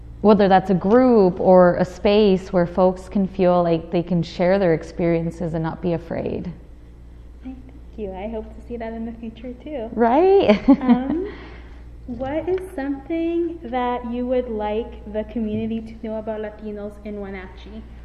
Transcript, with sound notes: whether that’s a group or a space, where folks can feel like they can share their experiences and not be afraid.
Thank you, I hope to see that in the future too.
Right! [Laughter]
What is something that you would like the community to know about Latinos in Wenatchee?